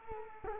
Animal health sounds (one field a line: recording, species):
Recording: mosquito wingbeat signal from an infrared sensor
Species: Culex quinquefasciatus